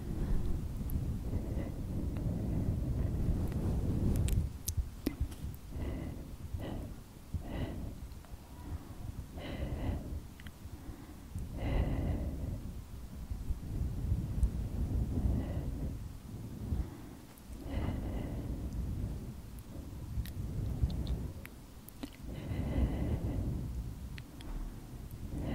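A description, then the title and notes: Scratching and rubbing on a fluffy microphone, very close, making deep muffled rumbles that swell and fade in uneven strokes. Bursts come every second or two, with sharper scratchy accents around 4, 12 and 18 seconds, over a constant low hush. ASMR Scratching Fluffy Mic.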